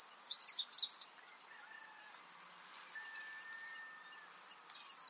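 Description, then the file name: Eurasian wren: a short burst of high, rapid trilling at the start and again at the end, with long steady lower whistles in between. "Troglodytes troglodytes"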